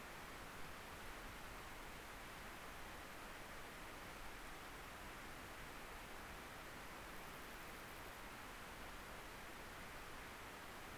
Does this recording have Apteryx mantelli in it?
no